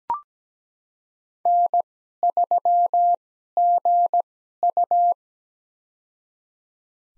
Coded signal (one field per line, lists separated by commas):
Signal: Morse code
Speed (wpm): 17 wpm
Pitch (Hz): 700 Hz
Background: none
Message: N3GU